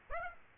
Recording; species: mosquito wingbeat signal from an infrared sensor; Aedes aegypti